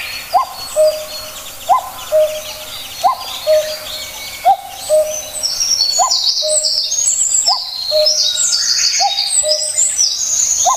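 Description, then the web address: Common cuckoo repeating its low, falling two-note call roughly every second and a half, while other birds twitter brightly and grow busier later. "sikioto. kakkou"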